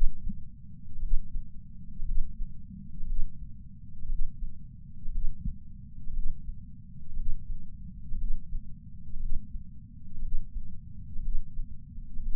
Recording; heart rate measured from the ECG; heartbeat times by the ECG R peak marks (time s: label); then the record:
heart sounds by patch sensor on the chest; 59 bpm
1.01 s: heartbeat
2.04 s: heartbeat
3.05 s: heartbeat
4.07 s: heartbeat
5.10 s: heartbeat
6.12 s: heartbeat
7.15 s: heartbeat
8.16 s: heartbeat
9.18 s: heartbeat
10.20 s: heartbeat
11.20 s: heartbeat
12.21 s: heartbeat
From the record:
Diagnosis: coronary artery disease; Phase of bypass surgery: preoperative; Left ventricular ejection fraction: 61.1%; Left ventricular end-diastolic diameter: 60 mm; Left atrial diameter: 40 mm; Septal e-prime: 7.9 cm/s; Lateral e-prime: 9.6 cm/s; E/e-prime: 7.5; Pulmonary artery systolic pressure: 34 mmHg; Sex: male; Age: 65 years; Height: 168 cm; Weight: 73 kg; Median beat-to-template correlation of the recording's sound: 0.92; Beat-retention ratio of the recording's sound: 1.00